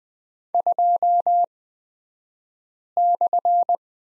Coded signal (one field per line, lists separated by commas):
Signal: Morse code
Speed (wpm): 20 wpm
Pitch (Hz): 700 Hz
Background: none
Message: 2/